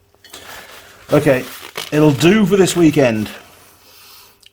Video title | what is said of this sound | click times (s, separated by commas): Kubota B3150 Transmission oil filter replacement #1048 | I don't like that there we are it's click now cool | 0.2 s, 0.3 s